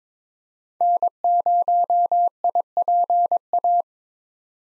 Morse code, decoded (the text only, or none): N0IPA